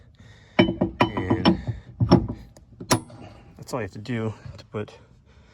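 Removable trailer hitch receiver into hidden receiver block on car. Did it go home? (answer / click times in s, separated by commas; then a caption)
no / none. A removable steel trailer hitch receiver is handled near the hidden receiver block behind the bumper of a B9 S4 car while someone talks, with several short knocks and taps. Nothing has seated or clicked yet; the receiver is not yet home.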